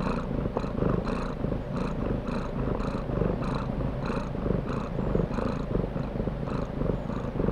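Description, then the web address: Domestic cat purring, an even rumbling purr with regular beats, steady from start to finish. Contented domestic cat purring while being petted. "cat purring and meowing animal purring contented animal x purring being petted animal"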